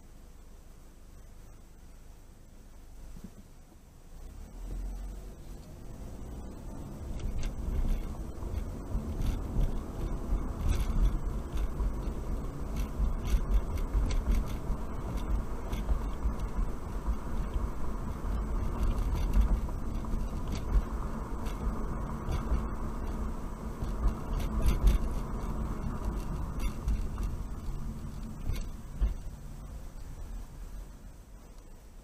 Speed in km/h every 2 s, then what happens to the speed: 0, 0, 3, 16, 27, 35, 40, 45, 47, 48, 48, 47, 47, 39, 23, 15.
0-3 standing. 3-17 pulls away to 48. 17-24 steady at about 47. 24-32 brakes to 15.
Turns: none.